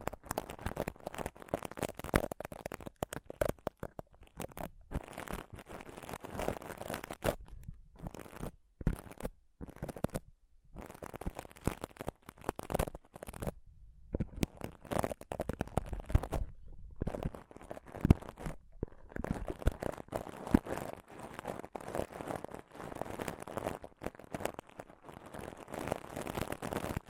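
Intense mic scratching and touching, dense rough scraping bursts with brief silent gaps, alternating between busy stretches and quick jittery rubbing throughout.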